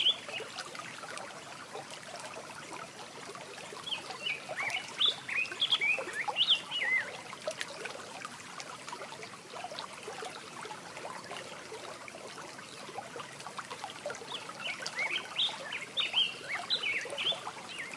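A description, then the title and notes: A stream runs steadily with a dense, even trickle and rush of water throughout. Bright chirping bird calls come in bursts around the fifth to seventh seconds and again near the fifteenth to seventeenth, with scattered faint chirps between. Morning Stream.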